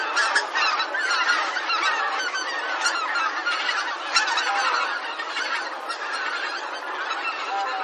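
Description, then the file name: Bean goose chorus, many nasal honks layered over one another, with a few sharper louder calls standing out. "hisikui"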